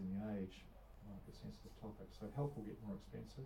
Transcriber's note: none